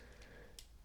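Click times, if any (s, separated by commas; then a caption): 0.6 s. A small ratchet attachment is pushed onto a multi-tool's bit driver and snaps into place with a faint, sharp metal tick at 0.6 s, standing out against a quiet low background. The ratchet adapter is seated and ready to use as a ratchet.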